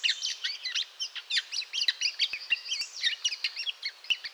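Bird twittering: quick, high, varied chirps tumble out nonstop in a busy, jerky stream, some notes sliding up or down.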